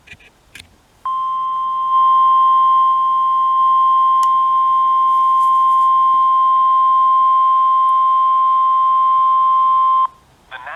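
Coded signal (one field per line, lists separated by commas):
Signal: Emergency Alert System (SAME) tones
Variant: 1050 Hz attention tone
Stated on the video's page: Two Special Marine Warnings from NOAA Weather Radio station KHB37 on 162.550 MHz covering southeast Virginia and northeast North Carolina.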